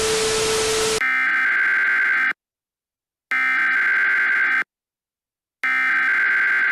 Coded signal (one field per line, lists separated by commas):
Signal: Emergency Alert System (SAME) tones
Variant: header bursts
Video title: The Day That The Blizzard Guardian Arrived [EAS Scenario]